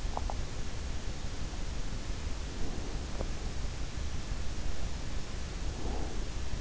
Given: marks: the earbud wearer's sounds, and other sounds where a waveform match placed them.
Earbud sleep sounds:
sounds in sleep by an in-ear microphone; swallowing, breath
0.00-0.48 s: swallowing
2.48-3.32 s: breath
5.62-6.23 s: breath

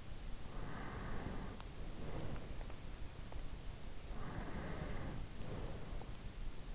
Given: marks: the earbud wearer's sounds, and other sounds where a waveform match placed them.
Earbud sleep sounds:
sounds in sleep by an in-ear microphone; breath
0.40-2.94 s: breath
4.30-6.75 s: breath

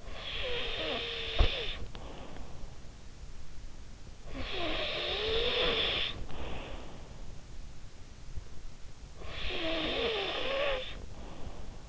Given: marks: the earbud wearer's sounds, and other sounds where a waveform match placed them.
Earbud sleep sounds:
sounds in sleep by an in-ear microphone; snoring breath
0.00-2.65 s: snoring breath
4.23-7.07 s: snoring breath
9.11-11.89 s: snoring breath

